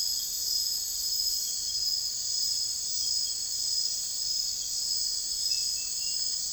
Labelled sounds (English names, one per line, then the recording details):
none
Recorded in secondary vegetation near Puerto Asís, Putumayo, Colombia, on 21 December 2024 at 02:00
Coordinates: 0.484, -76.319
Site GP06